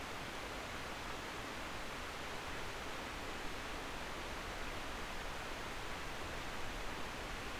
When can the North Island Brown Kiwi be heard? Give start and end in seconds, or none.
none